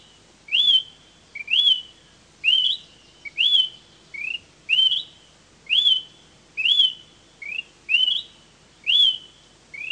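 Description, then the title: Smoke-colored pewee singing: an upslurred whistle that levels off, repeated about nine times at roughly one-second intervals, with a quiet background. Subspecies zarumae. "LuckyPassaro Completos2Sama. Smoke-colored Pewee (Contopus fumigatus zarumae)"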